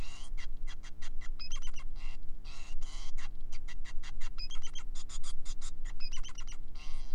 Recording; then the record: song of a male Bengalese finch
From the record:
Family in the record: son of father 5